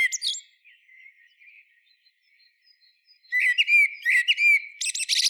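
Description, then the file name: Eurasian blackbird singing: a brief twitter, a quiet pause of soft high notes, then a burst of clear whistled phrases finishing in thin, buzzy high twittering. "Turdus merula"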